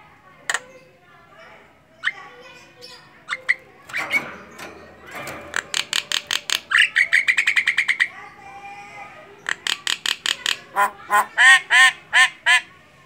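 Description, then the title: Javan myna song: scattered sharp notes build into long runs of rapid, repeated ringing notes, with a harsh noisy patch mixed in. Singing; the local term for the song style is ngoceh. "Jalak Kebo Ngoceh"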